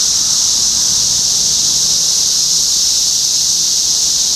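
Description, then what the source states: Cicadas give a continuous high electric-sounding drone, with faint low hums in the background. Cicadas recorded in Topeka, Kansas, on 14 June 2015.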